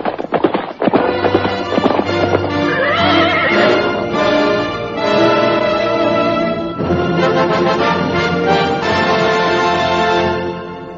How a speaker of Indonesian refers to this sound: Baru saja Putri Tunggadewi selesai berkata-kata, dari jauh terdengar dua ekor kuda berderap semakin lama semakin dekat.